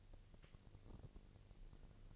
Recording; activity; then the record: daily activity, microphone in the room; take from stove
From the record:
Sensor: 4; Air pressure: 1000.1 hPa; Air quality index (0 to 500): 215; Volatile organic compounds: 23 ppm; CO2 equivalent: 2776 ppm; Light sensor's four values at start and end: 9/20/8/7 and 9/20/8/7